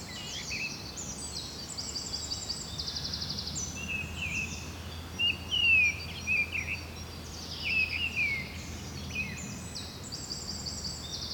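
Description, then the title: Birds chirping and trilling in an overlapping high chorus, with sharper notes around the middle and a steady low hum underneath. Bird ambience recorded at Rue du Rossignol, Seneffe, Belgium, with a Sony PCM-D100 using its internal microphones. "Rue du Rossignol 7, 7180 Seneffe, Belgique - Birds ambience"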